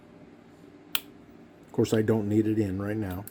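A metal bobbin carrier on a 103-year-old White Rotary electric sewing machine is set back into the shuttle race and seats with a sharp snap at 0.9 s. The snap comes against quiet background noise. Someone then talks from about 1.8 s to the end.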